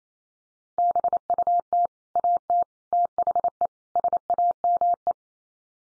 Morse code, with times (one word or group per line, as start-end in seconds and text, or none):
0.8-1.9 BUT
2.2-2.6 AT
2.9-3.7 THE
4.0-5.1 SAME